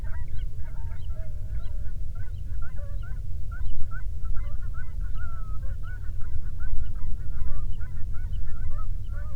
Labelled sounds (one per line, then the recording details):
waterfowl
grouse or ptarmigan
man-made sound
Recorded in the Prudhoe Bay oil fields, Alaska, on 13 June 2019 at 00:12
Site 24